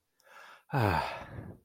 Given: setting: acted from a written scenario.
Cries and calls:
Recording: vocal sound without words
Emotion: contentment

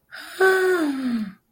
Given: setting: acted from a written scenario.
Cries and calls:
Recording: vocal sound without words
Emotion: awe

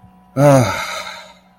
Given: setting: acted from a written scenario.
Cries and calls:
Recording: vocal sound without words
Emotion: relief

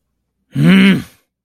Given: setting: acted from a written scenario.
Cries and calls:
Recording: vocal sound without words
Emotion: anger

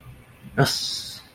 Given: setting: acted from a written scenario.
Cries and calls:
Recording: vocal sound without words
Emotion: pride

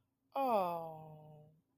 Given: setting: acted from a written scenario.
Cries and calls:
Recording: vocal sound without words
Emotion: sympathy

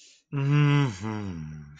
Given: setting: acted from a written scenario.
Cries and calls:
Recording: vocal sound without words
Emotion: contentment

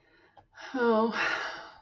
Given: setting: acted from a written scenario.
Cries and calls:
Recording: vocal sound without words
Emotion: serenity

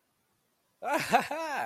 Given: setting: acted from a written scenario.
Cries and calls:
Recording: vocal sound without words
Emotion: ecstasy

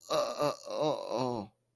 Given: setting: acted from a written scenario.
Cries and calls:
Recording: vocal sound without words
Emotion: embarrassment

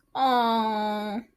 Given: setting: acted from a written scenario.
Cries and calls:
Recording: vocal sound without words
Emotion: sympathy

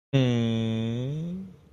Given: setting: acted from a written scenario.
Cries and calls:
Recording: vocal sound without words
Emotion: disappointment

